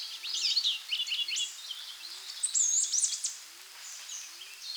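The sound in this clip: Sulawesi leaf warbler pouring out high, thin, twittering warbles over a hissy background, while soft low hoots repeat at a steady pace beneath.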